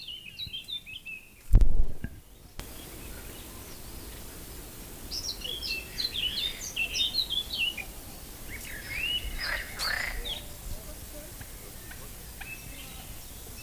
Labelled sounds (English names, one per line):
Eurasian Blackcap song